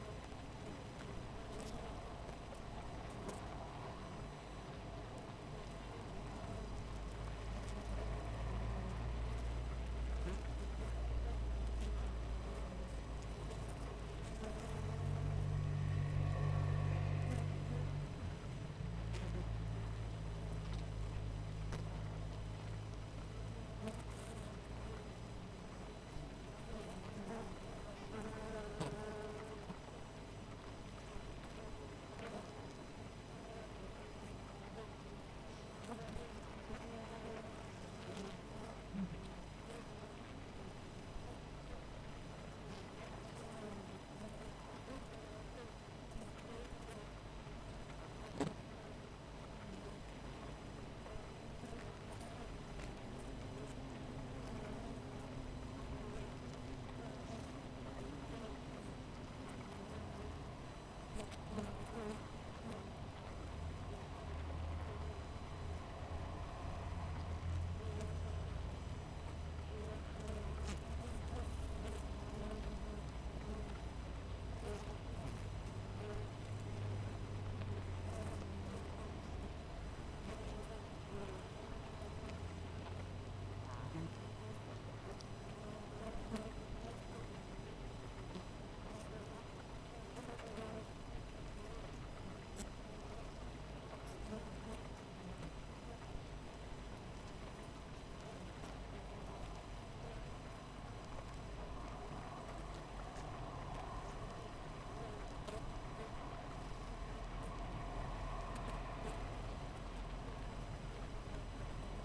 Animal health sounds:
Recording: honeybee colony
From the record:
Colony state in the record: missing queen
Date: 14 July 2017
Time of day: 5:27

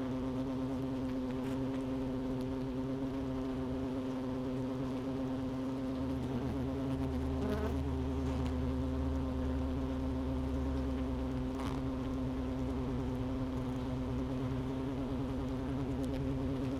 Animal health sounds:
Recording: honeybee colony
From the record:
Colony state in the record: missing queen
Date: 31 May 2018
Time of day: 11:09

